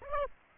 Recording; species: mosquito wingbeat signal from an infrared sensor; Aedes aegypti